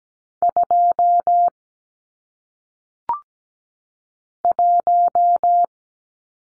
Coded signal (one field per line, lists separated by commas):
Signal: Morse code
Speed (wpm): 17 wpm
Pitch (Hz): 700 Hz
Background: none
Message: 2 1